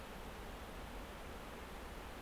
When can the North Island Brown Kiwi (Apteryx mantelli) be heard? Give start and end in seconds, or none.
none